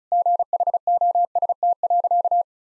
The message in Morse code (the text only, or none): GHOST.